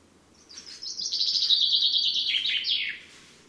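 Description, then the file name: Common chaffinch song: a rapid, bright trill that runs down the scale and ends in a quick flourish, lasting about two and a half seconds. "Fringilla coelebs"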